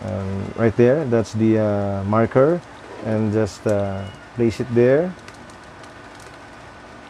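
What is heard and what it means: A lens is placed onto an SLR camera's bayonet mount with its aperture prong and marker lined up, ready to be turned counterclockwise to lock. Someone talks through the first five seconds over a soft background hiss, which continues quietly to the end. Nothing has seated or clicked yet.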